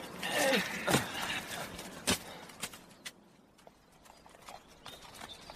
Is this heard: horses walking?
yes